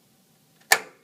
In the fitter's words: one side I heard a click